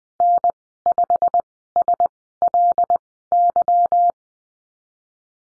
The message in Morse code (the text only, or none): N 5 S L Y